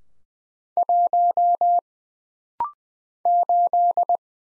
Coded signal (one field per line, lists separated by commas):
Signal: Morse code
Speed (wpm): 20 wpm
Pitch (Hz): 700 Hz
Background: none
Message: 1 8